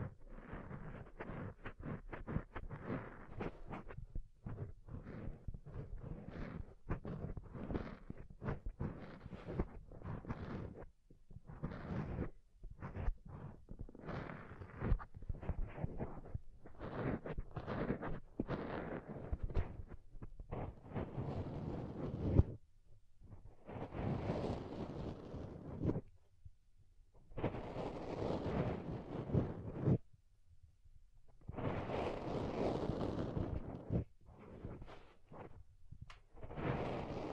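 Soft, fluffy ear-tingle triggers: for the first twenty seconds, quick dense brushing and rubbing strokes follow one another almost without pause. After that the sound changes to longer muffled swishes of a few seconds each, separated by short silences, with a low rumbling fullness throughout.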